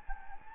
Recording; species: mosquito wingbeat signal from an infrared sensor; Anopheles gambiae